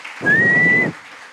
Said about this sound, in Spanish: Muy fuerte el aplauso.